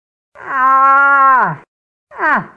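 Cow lowing with one long, steady moo that drops in pitch at the end, then a shorter falling moo after a brief pause.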